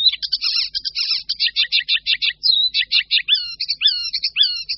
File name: Sedmihlásek hajní